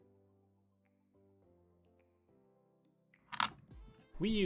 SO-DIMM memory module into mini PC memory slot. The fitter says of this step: i love the sound of memory being clicked into place so let's listen and enjoy that together for the second one